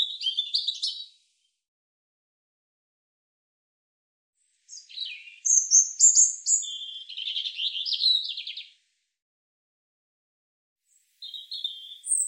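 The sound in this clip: European robin song: high, thin warbling phrases with quick trills and sliding notes, three bursts separated by silent pauses of several seconds, nothing else audible.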